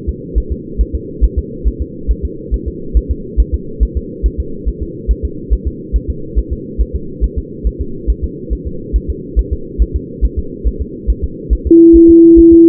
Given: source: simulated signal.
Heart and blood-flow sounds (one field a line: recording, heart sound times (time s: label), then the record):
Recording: fetal heart sounds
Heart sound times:
0.09 s: S2
0.38 s: S1
0.52 s: S2
0.81 s: S1
0.95 s: S2
1.24 s: S1
1.38 s: S2
1.68 s: S1
1.82 s: S2
2.11 s: S1
2.25 s: S2
2.54 s: S1
2.68 s: S2
2.97 s: S1
3.11 s: S2
3.40 s: S1
3.54 s: S2
3.83 s: S1
3.97 s: S2
4.26 s: S1
4.40 s: S2
4.68 s: S1
4.83 s: S2
5.11 s: S1
5.25 s: S2
5.53 s: S1
5.68 s: S2
5.96 s: S1
6.10 s: S2
6.38 s: S1
6.53 s: S2
6.81 s: S1
6.95 s: S2
7.24 s: S1
7.38 s: S2
7.67 s: S1
7.81 s: S2
8.10 s: S1
8.24 s: S2
8.53 s: S1
8.67 s: S2
8.96 s: S1
9.10 s: S2
9.39 s: S1
9.53 s: S2
9.82 s: S1
9.96 s: S2
10.25 s: S1
10.39 s: S2
10.67 s: S1
10.81 s: S2
11.10 s: S1
11.24 s: S2
11.53 s: S1
11.67 s: S2
11.96 s: S1
12.10 s: S2
12.39 s: S1
12.53 s: S2
From the record:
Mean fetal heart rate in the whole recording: 140 bpm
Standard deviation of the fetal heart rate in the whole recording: 2 bpm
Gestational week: 34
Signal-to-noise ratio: -4.3 dB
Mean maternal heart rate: 72 bpm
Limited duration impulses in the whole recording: present